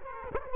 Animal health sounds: mosquito wingbeat signal from an infrared sensor; Culex quinquefasciatus

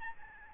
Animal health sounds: mosquito wingbeat signal from an infrared sensor; Aedes albopictus

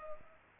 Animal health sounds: mosquito wingbeat signal from an infrared sensor; Culex pipiens

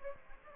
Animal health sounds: mosquito wingbeat signal from an infrared sensor; Aedes aegypti

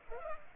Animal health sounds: mosquito wingbeat signal from an infrared sensor; Culex pipiens

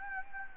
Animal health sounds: mosquito wingbeat signal from an infrared sensor; Anopheles gambiae

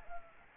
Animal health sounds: mosquito wingbeat signal from an infrared sensor; Anopheles gambiae

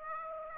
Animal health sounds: mosquito wingbeat signal from an infrared sensor; Aedes aegypti

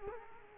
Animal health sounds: mosquito wingbeat signal from an infrared sensor; Culex quinquefasciatus

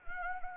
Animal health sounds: mosquito wingbeat signal from an infrared sensor; Anopheles arabiensis

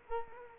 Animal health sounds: mosquito wingbeat signal from an infrared sensor; Culex quinquefasciatus

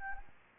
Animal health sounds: mosquito wingbeat signal from an infrared sensor; Anopheles gambiae

